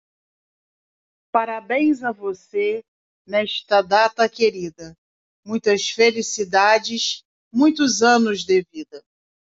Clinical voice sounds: short text; Brazilian Portuguese; female; 50 to 59 years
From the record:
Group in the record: control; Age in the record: 51 years

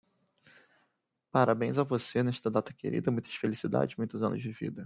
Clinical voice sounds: short text; Brazilian Portuguese; male; 20 to 29 years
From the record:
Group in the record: control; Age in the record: 28 years

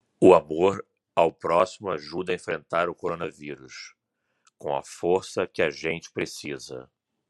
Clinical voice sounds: spoken sentence; Brazilian Portuguese; male; 50 to 59 years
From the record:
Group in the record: control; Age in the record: 50 years

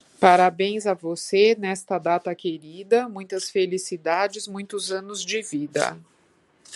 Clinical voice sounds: short text; Brazilian Portuguese; female; 50 to 59 years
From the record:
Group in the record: control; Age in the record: 56 years

